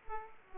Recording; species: mosquito wingbeat signal from an infrared sensor; Aedes aegypti